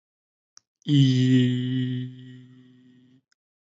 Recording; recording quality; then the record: sustained vowel as in beet; excellent, no background noise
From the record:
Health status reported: healthy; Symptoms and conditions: none ticked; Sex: male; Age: 21 years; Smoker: not ticked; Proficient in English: yes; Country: India